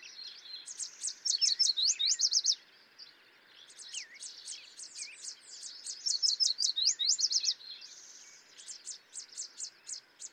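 Yellow warbler singing high sweet notes in rapid phrases, two loud bouts and a softer one at the end, with lower calls and other songbirds faintly behind.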